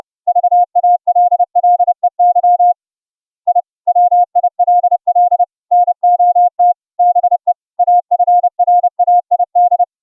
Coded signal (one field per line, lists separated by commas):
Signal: Morse code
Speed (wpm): 30 wpm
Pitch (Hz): 710 Hz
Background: none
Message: VALLEY I WILL NOT BE AFRAID